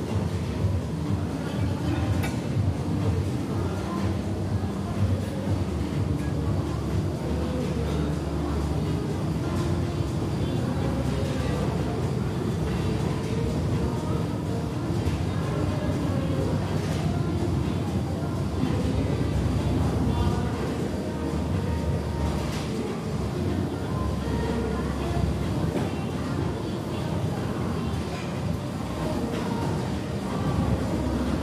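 Gym ambience with a steady low rumble of machinery and murmured voices, plus occasional sharp clinks of weights at scattered moments.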